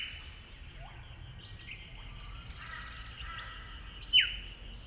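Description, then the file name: Eastern yellow robin: one crisp, steeply descending note near the end, with faint other birdsong and a low background rumble throughout. "Eopsaltria Australis"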